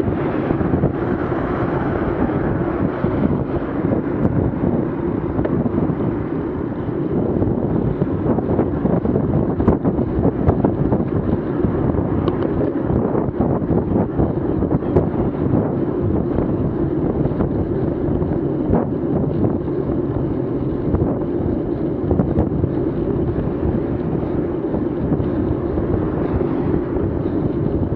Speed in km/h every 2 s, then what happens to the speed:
24, 22, 22, 24, 26, 27, 28, 29, 28, 28, 28, 29, 29, 28.
4-13 speeds up to 29. 13-28 steady at about 28.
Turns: none.